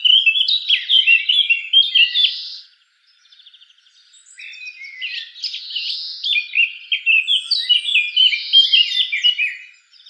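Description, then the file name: Eurasian blackcap delivering two bursts of rich, rapid warbling, of about two and a half and six seconds, separated by a quiet pause of about one and a half seconds. "Sylvia atricapilla"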